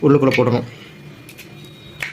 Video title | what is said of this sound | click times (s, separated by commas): Motovlog Setup Tamil #gopro #goprohero7black #tamil #motovlogsetup #motovlog #shorts | அந்த sound வந்துச்சுன்னா நல்லா lock ஆயிடுச்சுன்னு அர்த்தம் | 2.0 s